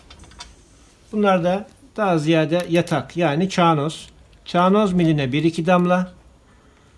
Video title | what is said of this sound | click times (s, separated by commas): BERNINA 730 Nasıl Kullanılır? - Dikiş Makinesi Eğitimi ve Pratik İpuçları | You will hear this click. | 0.1 s, 0.4 s